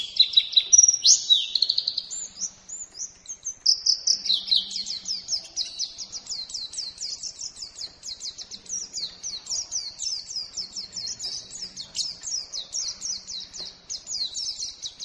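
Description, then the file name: Lemon-bellied white-eye pouring out continuous high, rapid twittering, dense at the start and then a steady fast chatter of repeated notes. Lemon-bellied white-eye from Lombok; recording used for training songbirds. "pleci lombok omkicau"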